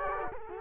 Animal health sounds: mosquito wingbeat signal from an infrared sensor; Culex quinquefasciatus

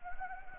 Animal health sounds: mosquito wingbeat signal from an infrared sensor; Anopheles arabiensis

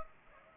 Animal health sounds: mosquito wingbeat signal from an infrared sensor; Anopheles gambiae

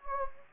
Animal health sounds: mosquito wingbeat signal from an infrared sensor; Anopheles gambiae

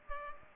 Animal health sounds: mosquito wingbeat signal from an infrared sensor; Culex pipiens

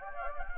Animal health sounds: mosquito wingbeat signal from an infrared sensor; Anopheles gambiae

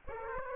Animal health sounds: mosquito wingbeat signal from an infrared sensor; Aedes aegypti

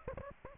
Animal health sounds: mosquito wingbeat signal from an infrared sensor; Aedes aegypti

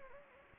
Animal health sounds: mosquito wingbeat signal from an infrared sensor; Anopheles gambiae

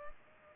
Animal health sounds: mosquito wingbeat signal from an infrared sensor; Culex pipiens

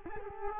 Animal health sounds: mosquito wingbeat signal from an infrared sensor; Culex quinquefasciatus

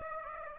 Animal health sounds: mosquito wingbeat signal from an infrared sensor; Aedes aegypti

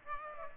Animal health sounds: mosquito wingbeat signal from an infrared sensor; Aedes aegypti

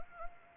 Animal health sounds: mosquito wingbeat signal from an infrared sensor; Anopheles arabiensis

